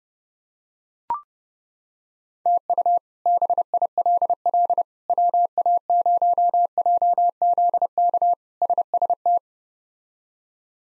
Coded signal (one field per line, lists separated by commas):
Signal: Morse code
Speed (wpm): 32 wpm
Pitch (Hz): 700 Hz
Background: none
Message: TU BILL WA0JZK SST